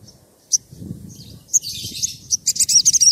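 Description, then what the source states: Oriental magpie-robin song: scattered high chirps, a brief buzzy passage, then a quick run of sharp repeated notes near the end. Persistently singing bird; recording used as a lure to provoke other birds of its kind into answering.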